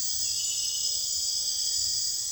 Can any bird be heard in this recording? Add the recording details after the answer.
no. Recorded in secondary vegetation near Puerto Asís, Putumayo, Colombia, on 29 June 2025 at 03:00. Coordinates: 0.485, -76.322. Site GP06